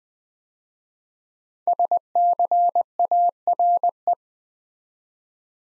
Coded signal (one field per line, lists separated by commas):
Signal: Morse code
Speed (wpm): 20 wpm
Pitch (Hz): 700 Hz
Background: none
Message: SCARE